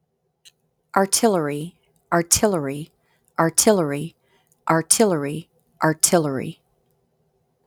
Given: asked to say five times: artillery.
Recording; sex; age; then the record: repeated word; female; 50 to 59 years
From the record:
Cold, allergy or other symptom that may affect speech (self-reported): no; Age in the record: 50 years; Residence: Georgia, United States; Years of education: 16